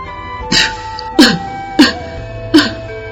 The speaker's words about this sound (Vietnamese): đám sơn tặc ăn bán thức ăn mà Công Tôn và Tiểu Nhị mang qua, đột nhiên ho khan